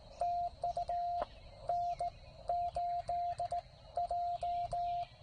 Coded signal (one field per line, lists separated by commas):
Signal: Morse code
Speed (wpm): 17 wpm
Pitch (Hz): 700 Hz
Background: radio noise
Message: TU N8J